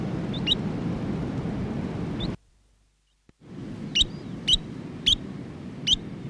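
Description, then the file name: New Zealand dotterel giving a few high chipping notes, then a brief silent break, then four loud chips over a low background rumble. "nz dotterel song"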